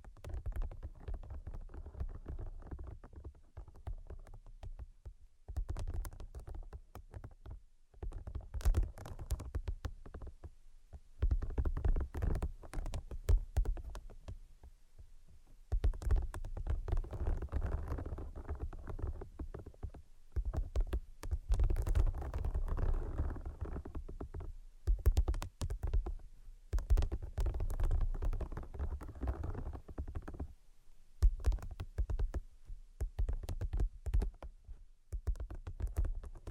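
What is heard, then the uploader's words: Tapping comes in dense clusters of quick, irregular strikes, separated by short silences every few seconds. The taps are mostly soft and low, with occasional sharper, brighter clicks, and the longer busy passages near the middle and end are the loudest. ASMR Brain Penetrating 3D Tapping (No Talking).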